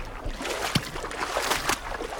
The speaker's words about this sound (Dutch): In natuurgebied Stroothuizen, nou je hoort het, ligt een flinke plas water.